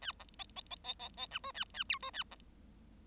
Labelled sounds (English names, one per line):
Bengalese Finch song